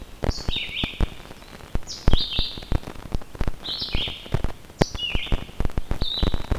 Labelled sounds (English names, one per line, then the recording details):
Red-eyed Vireo song
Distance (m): 15 m
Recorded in boreal forest in Alberta, Canada, on 14 June 2016 at 06:56
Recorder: SongMeter 3, array SBT-3-33
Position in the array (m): 132 m, 157 m